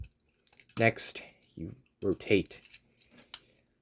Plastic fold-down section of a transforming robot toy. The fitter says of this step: this down, and you want to fold it down until you hear it snap.